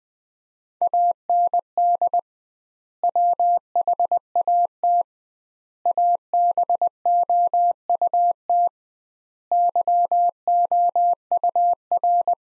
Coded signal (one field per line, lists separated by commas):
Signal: Morse code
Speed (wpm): 20 wpm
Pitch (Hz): 700 Hz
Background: none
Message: AND WHAT ABOUT YOUR